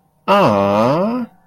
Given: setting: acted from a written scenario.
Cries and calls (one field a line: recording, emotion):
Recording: vocal sound without words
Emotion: adoration